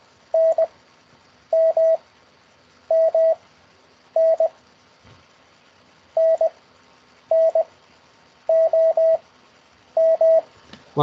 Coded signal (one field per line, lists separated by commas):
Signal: Morse code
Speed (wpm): 20 wpm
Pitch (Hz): 650 Hz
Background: none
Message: N M M N N N O M